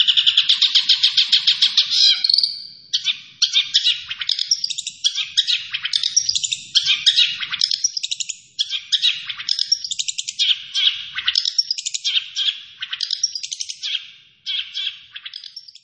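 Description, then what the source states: Long-tailed shrike song, beginning with a dense buzzy trill and continuing as a long, varied stream of scratchy chirps and short rattles. Singing vigorously, described as gacor.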